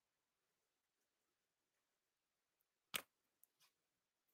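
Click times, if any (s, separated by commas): 3.0 s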